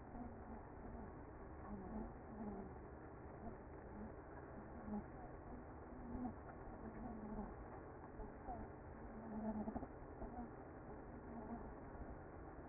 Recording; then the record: honeybee colony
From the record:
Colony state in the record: active